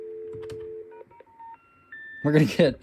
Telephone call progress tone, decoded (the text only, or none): special information tone